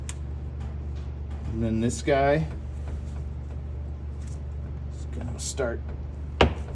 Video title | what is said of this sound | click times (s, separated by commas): Yamaha RMAX Cab Heater | shoving in there. You'll feel a nice snap like that, | 6.4 s